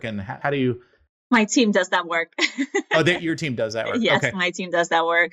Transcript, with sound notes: And how do you-
My team does that work. [laugh]
Oh, your team does that work. Okay.
Yes, my team does that work.